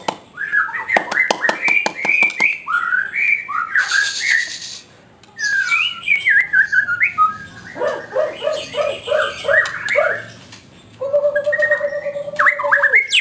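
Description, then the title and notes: White-rumped shama song with quick clicking notes, looping whistled slurs, a buzzy burst and repeated warbles, with a sustained low whistle near the end. Recording used for training other caged birds to sing. "Suara Kicau Burung Murai Batu. burung murai buat masteran"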